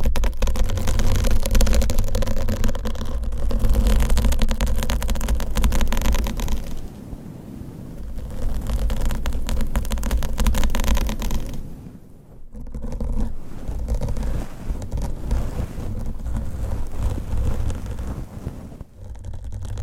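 Long nails scratch and rub over a microphone cover in a dense, continuous rustle with a heavy low rumble underneath. The scratching stays thick and steady, easing briefly around seven seconds, nearly stopping near twelve and a half, and dropping again just before the end.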